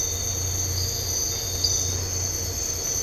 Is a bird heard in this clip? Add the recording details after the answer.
no. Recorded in dense forest near Puerto Asís, Putumayo, Colombia, on 9 March 2025 at 04:30. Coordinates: 0.468, -76.322. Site GP01